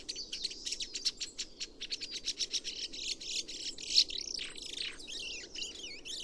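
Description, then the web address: Chestnut-cheeked starling calls: a rapid run of clipped high chirps, then looping whistled slurs rising and falling near the end. "komukudori"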